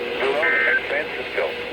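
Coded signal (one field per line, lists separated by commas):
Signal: Emergency Alert System (SAME) tones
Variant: end-of-message bursts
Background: speech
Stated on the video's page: Received on NOAA Weather Radio.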